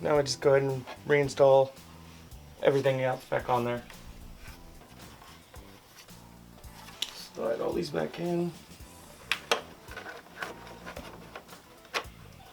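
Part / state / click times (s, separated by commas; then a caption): plastic front trim panel clipping onto a motorcycle front fairing/headlight area / not seated / none. Plastic front trim panels are handled and pressed back onto the front fairing and headlight area of a Yamaha MT-10 during reassembly after fitting TST Mech GTR front LED turn signals. Someone talks, with light plastic handling taps and knocks throughout. Nothing has seated or clicked into place yet.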